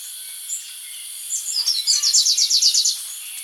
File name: Variable sunbird